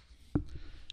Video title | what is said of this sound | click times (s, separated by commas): Surface 2 vs iPad Air - Thorough Comparison | it's really a a back lit keyboard that works great and it snaps into place | 0.9 s